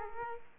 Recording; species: mosquito wingbeat signal from an infrared sensor; Aedes aegypti